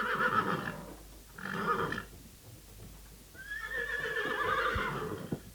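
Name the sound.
horse neighing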